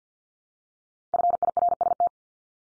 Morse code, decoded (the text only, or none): FIRST